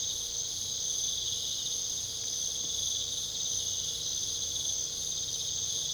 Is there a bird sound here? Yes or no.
no